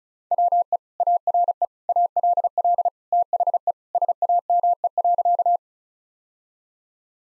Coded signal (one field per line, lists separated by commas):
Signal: Morse code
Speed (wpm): 34 wpm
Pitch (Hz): 700 Hz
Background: none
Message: WE ARE ALL THE SAME.